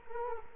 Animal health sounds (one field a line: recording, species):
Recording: mosquito wingbeat signal from an infrared sensor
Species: Culex quinquefasciatus